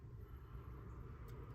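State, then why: Not seated. A crimped terminal pin, pin six, is being pushed again after a first try into a plastic connector housing for the LED auxiliary light wiring on a MINI F56. Only a steady low rumble and broadband background noise are heard, with no distinct sounds. Nothing has seated or clicked yet.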